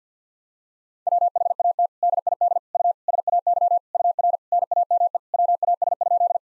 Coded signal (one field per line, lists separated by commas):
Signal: Morse code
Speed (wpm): 50 wpm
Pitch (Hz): 700 Hz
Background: none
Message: WHAT DID U SAY UR NAME WAS?